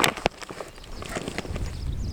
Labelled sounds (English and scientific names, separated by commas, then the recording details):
Superb Starling (Lamprotornis superbus) flight call
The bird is a male
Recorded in Kenya on 20 May 2010
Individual 104, of group SRB2